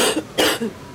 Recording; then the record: coughing mixed with background sound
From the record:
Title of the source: 60 coughing still (deep and wet cough)